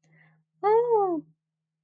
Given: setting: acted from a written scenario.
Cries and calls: vocal sound without words; awe

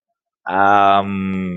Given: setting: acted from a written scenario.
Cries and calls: vocal sound without words; guilt

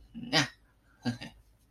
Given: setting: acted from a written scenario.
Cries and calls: vocal sound without words; contempt

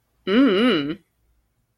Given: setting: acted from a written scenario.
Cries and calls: vocal sound without words; desire

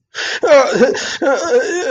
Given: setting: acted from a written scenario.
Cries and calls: vocal sound without words; distress

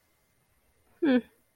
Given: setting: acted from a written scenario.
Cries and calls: vocal sound without words; pride

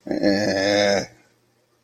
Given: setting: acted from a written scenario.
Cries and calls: vocal sound without words; guilt

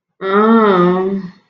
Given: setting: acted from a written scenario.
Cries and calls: vocal sound without words; distress

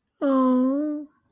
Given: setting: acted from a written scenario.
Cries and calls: vocal sound without words; adoration

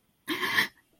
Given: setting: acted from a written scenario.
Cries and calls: vocal sound without words; negative surprise

